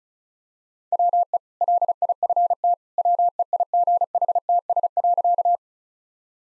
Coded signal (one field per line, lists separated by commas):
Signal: Morse code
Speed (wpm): 36 wpm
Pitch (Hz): 700 Hz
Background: none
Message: WE LIFT WEIGHTS.